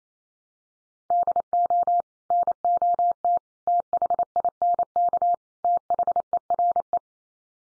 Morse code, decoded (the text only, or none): DO NOT THINK THERE